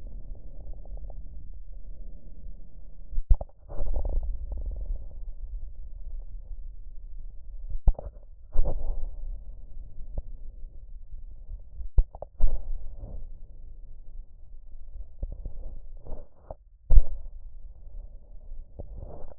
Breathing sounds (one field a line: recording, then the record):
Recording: lung sounds by stethoscope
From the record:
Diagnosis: emphysema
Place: left posterior upper chest